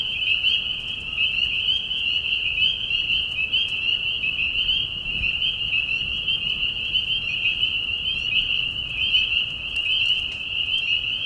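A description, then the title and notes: Spring peeper frogs call from a marsh at night, their high piping voices merging into a dense, unbroken shrill chorus that holds steady throughout. Individual sharper peeps stand out occasionally above the mass, with a faint low rumble underneath. Peeper frogs in the spring. This is a recording made of Peeper frogs in a marsh at night. This is a mating call that happens during a very short season in the Spring. Recorded at the Tiny Marsh Conservation area in Tiny, Ontario. Recorded by Anton Pickard.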